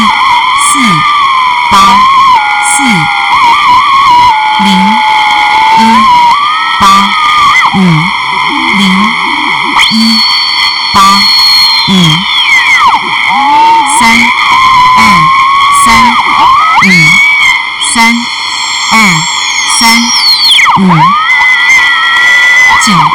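Shortwave radio with a constant hiss and steady whining tones, over which swooping, warbling whistles slide up and down as the signal drifts. Short bursts of clipped, garbled voice-like chirps recur every second or so, and sharp clicks cut through throughout.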